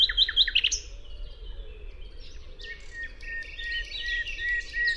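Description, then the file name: Common nightingale giving a brief series of bright repeated notes, then softer, varied warbling and thin whistles against steady low noise. "Luscinia megarhynchos"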